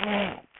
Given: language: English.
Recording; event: throat vibration sensor signal played as sound; throat clearing